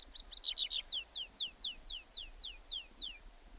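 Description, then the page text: Tree pipit song: a quick high trill followed by a series of downslurred notes, about four per second. "Звуки птиц - Лесной конек"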